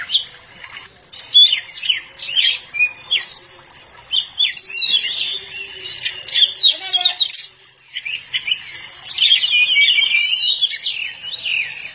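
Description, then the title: Oriental magpie-robin song, a dense, varied run of sharp whistles and rapid chattering notes with a brief pause, over a steady high insect-like whine. "Kacer"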